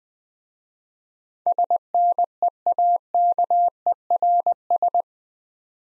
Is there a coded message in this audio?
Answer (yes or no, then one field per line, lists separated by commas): yes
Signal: Morse code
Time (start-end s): 1.5-5.0 s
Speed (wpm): 20 wpm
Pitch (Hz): 700 Hz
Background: none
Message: SNEAKERS